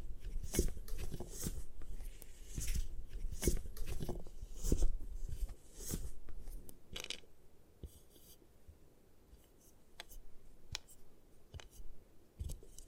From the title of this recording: Satisfying Ways to Destroy Gym Chalk